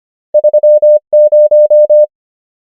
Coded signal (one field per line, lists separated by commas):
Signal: Morse code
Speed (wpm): 25 wpm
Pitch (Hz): 600 Hz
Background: none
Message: 3 0